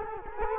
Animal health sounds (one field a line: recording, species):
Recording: mosquito wingbeat signal from an infrared sensor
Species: Culex quinquefasciatus